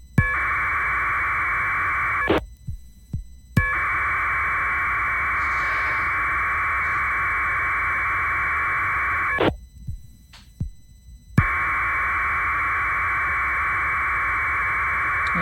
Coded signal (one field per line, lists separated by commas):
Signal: packet radio (AX.25, as in APRS)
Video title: K3BWA Winlink Off grid - Part 2